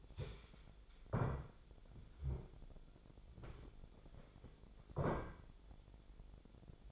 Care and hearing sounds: daily activity, microphone in the room; stand up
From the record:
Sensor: 5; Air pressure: 1008.1 hPa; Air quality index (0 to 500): 153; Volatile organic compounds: 3 ppm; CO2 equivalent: 1474 ppm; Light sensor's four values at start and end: 59/165/64/64 and 58/164/64/64

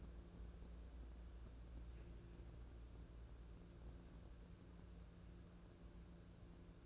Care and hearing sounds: daily activity, microphone in the room; wipe stove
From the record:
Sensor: 2

